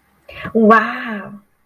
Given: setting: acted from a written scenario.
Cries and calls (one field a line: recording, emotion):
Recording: vocal sound without words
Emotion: positive surprise